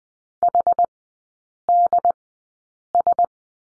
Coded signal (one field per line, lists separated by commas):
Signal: Morse code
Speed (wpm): 20 wpm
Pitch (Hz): 700 Hz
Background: none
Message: HDS